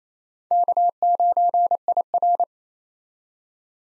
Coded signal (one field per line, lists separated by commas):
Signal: Morse code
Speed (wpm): 28 wpm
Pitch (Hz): 700 Hz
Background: none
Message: K9IR